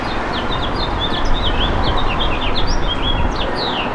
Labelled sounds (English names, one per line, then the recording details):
House Finch song
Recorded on Long Island, New York, on 27 June 2012
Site BE
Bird A